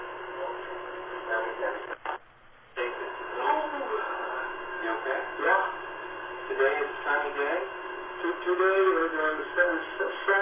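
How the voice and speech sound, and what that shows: A 66-year-old man with Parkinsonism, before intravenous glutathione treatment, speaks through a narrowband, radio-like channel. He stutters when he tries to talk, with halting, repeated syllables broken by pauses.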